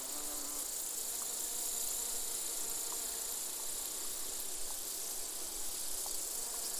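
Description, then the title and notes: Insect chorus (bees, grasshoppers and crickets): insect chorus with an unbroken high shrill hiss of grasshoppers and crickets, a buzzing bee hum below, and faint short ticks scattered throughout. Bees, grasshoppers and crickets together in a gentle summer soundscape, recorded in an open meadow near the Col de Châtillon at 1680 metres altitude. "Siesta summer insect chorus. This gentle summer soundscape, featuring bees, grasshoppers and crickets, was recorded in an open meadow near the Col de Châtillon at an altitude of 1680 metres above sea level. Recorded by Colin Hunter. Part of the Music for Sleep project"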